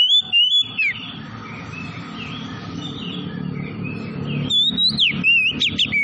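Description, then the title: Oriental magpie-robin whistled song: a few sweeping notes at the start, a stretch of low rumbling noise, then another quick series of sliding whistles and chips. Tretes variety; singing vigorously (gacor). "Kacer Tretes Gacor"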